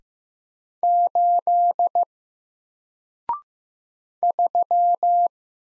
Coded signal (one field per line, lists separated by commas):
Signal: Morse code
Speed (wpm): 15 wpm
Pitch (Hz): 700 Hz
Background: none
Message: 8 3